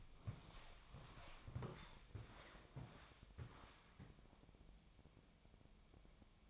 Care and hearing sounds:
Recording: daily activity, microphone in the room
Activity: walk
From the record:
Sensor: 1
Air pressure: 1000.6 hPa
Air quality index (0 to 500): 172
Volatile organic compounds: 4 ppm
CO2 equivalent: 1588 ppm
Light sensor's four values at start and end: 13/30/13/14 and 16/40/16/19

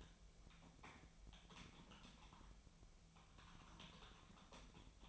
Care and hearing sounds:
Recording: daily activity, microphone in the room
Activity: typing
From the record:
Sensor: 1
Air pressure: 1009.5 hPa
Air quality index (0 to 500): 195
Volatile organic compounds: 19 ppm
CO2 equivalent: 2668 ppm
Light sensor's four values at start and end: 30/77/32/39 and 30/77/32/38

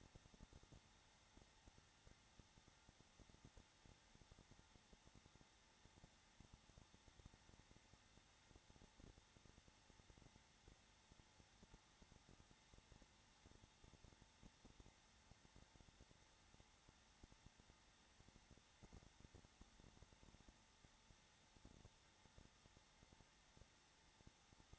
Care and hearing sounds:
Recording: daily activity, microphone in the room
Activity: no activity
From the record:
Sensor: 3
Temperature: 21.3 degrees Celsius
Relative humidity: 33.3%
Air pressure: 994.5 hPa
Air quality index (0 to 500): 167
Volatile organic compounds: 3 ppm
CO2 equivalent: 1453 ppm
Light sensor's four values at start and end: 2/3/2/2 and 2/3/2/2

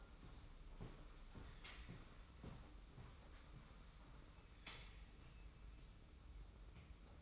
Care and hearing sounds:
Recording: daily activity, microphone in the room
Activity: walk to room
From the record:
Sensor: 1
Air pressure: 991.1 hPa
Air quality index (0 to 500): 92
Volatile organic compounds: 34 ppm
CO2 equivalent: 3043 ppm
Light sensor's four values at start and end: 34/110/43/44 and 35/114/44/46

